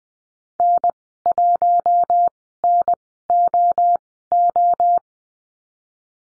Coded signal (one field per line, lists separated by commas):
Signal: Morse code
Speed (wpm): 20 wpm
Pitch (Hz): 700 Hz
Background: none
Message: N1NOO